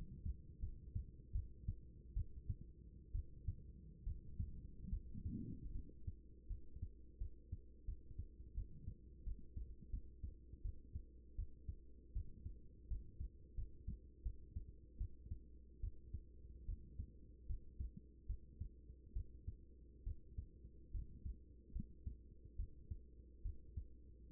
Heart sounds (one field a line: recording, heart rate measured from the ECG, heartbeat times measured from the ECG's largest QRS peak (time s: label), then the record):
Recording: heart sounds by stethoscope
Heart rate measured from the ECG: 76 bpm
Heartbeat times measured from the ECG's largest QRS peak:
0.59 s: heartbeat
1.32 s: heartbeat
2.13 s: heartbeat
3.12 s: heartbeat
4.03 s: heartbeat
4.89 s: heartbeat
5.72 s: heartbeat
6.47 s: heartbeat
7.18 s: heartbeat
7.85 s: heartbeat
8.54 s: heartbeat
9.24 s: heartbeat
9.90 s: heartbeat
10.62 s: heartbeat
11.35 s: heartbeat
12.13 s: heartbeat
12.88 s: heartbeat
13.55 s: heartbeat
14.22 s: heartbeat
14.98 s: heartbeat
15.80 s: heartbeat
16.65 s: heartbeat
17.46 s: heartbeat
18.26 s: heartbeat
19.13 s: heartbeat
20.03 s: heartbeat
20.91 s: heartbeat
21.72 s: heartbeat
22.56 s: heartbeat
23.42 s: heartbeat
24.30 s: heartbeat
From the record:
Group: healthy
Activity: rest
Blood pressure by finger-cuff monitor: 111/71 mmHg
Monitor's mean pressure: 88 mmHg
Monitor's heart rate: 74 bpm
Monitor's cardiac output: 6.1 L/min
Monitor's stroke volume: 81 mL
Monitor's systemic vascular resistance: 1050 dyn s/cm5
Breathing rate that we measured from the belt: 14 breaths a minute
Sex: female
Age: 24 years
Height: 163 cm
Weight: 55.7 kg